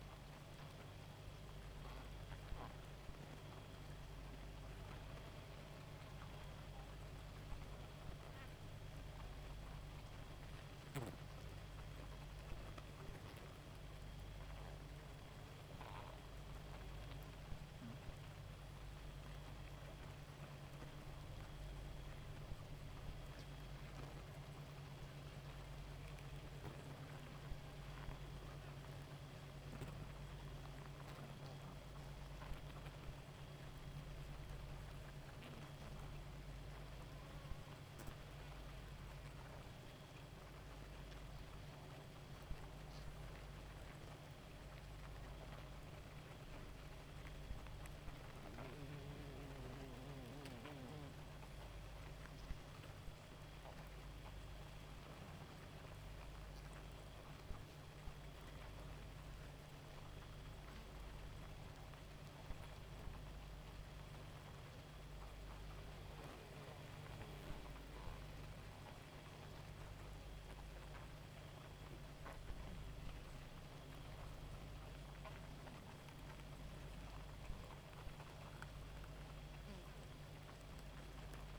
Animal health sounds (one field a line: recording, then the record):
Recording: honeybee colony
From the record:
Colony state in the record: active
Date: 28 July 2017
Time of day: 1:06